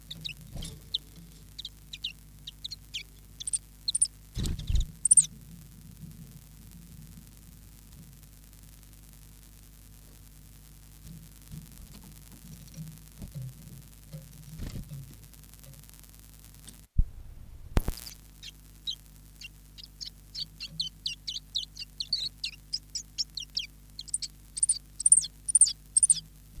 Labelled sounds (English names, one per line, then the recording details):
Common Chiffchaff
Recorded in captivity
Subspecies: collybita
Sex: male
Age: adult
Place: Zoologisches Institut Universität Tübingen, Baden-Württemberg, DE
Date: 1965-01-29 11:30
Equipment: Nagra III PH, LGS26
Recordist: Schneider, Hans-Joachim
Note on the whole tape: Kammer 1. Männchen blau/grün - gelb/blau. Weitere Informationen als Ansagen auf dem Band. Auch Aufnahmen vom 03. Februar 10 Uhr 45. MaAs: M.Sch